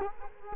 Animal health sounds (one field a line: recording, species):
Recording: mosquito wingbeat signal from an infrared sensor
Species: Culex quinquefasciatus